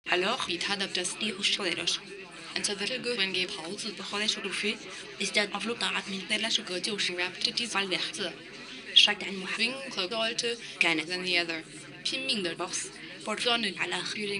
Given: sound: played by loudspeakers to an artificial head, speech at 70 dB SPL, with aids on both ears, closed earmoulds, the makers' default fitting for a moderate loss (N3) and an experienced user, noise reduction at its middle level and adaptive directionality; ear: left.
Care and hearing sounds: speech test signal (ISTS) in cocktail-party noise; +6 dB; in front (0 degrees)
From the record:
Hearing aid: class 2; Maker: B

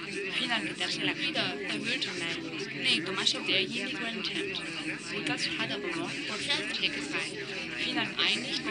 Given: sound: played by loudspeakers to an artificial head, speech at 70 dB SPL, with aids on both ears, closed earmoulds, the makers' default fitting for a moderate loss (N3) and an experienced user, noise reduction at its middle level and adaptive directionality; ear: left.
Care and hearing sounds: speech test signal (ISTS) in cocktail-party noise; -6 dB; in front (0 degrees)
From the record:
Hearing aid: class 2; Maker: D

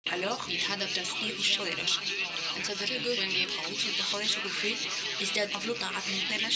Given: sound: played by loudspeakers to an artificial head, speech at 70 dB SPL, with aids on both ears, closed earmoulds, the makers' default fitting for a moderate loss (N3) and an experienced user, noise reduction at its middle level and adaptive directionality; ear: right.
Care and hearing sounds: speech test signal (ISTS) in cocktail-party noise; +3 dB; in front (0 degrees)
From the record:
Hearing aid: class 1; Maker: A

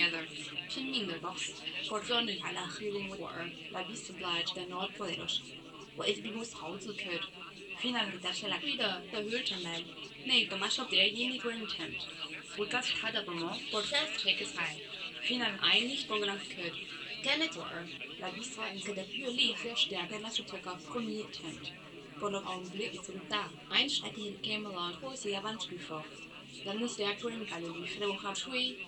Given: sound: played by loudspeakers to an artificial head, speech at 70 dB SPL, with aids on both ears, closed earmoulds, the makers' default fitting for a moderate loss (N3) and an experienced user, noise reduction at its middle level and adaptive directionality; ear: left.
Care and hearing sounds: speech test signal (ISTS) in cocktail-party noise; +9 dB; on the right (90 degrees)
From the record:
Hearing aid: class 1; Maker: C

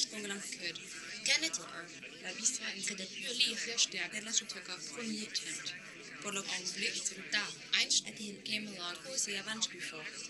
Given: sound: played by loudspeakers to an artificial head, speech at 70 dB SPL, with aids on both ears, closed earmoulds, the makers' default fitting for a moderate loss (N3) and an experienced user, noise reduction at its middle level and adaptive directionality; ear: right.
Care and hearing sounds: speech test signal (ISTS) in cocktail-party noise; +3 dB; in front (0 degrees)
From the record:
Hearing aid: class 1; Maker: J

